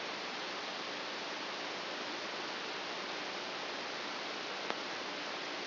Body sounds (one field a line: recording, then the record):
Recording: brain microelectrode recording played as sound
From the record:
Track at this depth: inside the subthalamic nucleus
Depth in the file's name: 4.003 mm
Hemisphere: right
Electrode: 2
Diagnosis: Parkinson's disease